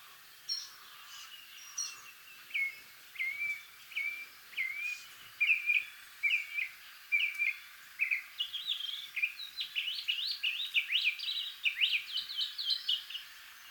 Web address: Northern mockingbird. صدای-پرنده-مرغ-تقلیدگر-شمالی